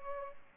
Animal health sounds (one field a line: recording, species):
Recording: mosquito wingbeat signal from an infrared sensor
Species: Culex pipiens